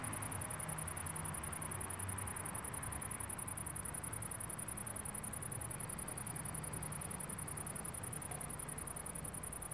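Crickets: a continuous high, pulsing chirp at a fast, regular pace, set against a steady wash of low city noise.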